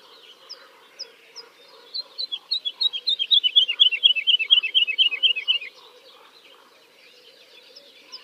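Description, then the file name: Woodlark song: a few soft high notes, then a run of many liquid, slightly falling notes, over a faint low hum. "kicau master woodlark omkicau"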